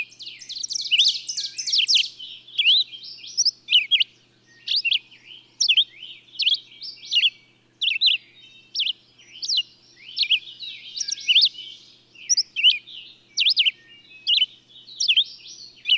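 Bird song: a rapid buzzy trill at the start, then continuous high chirping with quick sweeping notes and faint twitter filling the gaps.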